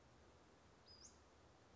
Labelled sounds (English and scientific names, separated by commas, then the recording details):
Western Flycatcher (Empidonax difficilis)
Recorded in Sonoma County, California